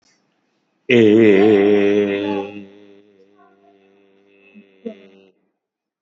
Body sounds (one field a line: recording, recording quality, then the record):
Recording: sustained vowel as in made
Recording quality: excellent, no background noise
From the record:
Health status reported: COVID-19 positive, mild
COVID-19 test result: positive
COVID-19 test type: RT-PCR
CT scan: taken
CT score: 18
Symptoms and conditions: cold, muscle pain, hypertension, ischaemic heart disease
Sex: male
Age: 55 years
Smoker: no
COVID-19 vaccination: both doses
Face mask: not worn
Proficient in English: yes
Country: India